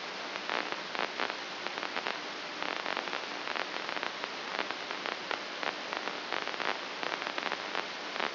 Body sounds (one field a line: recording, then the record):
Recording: brain microelectrode recording played as sound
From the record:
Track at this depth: outside the subthalamic nucleus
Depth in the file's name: 7.628 mm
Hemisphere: left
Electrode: 2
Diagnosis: Parkinson's disease